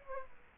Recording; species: mosquito wingbeat signal from an infrared sensor; Aedes aegypti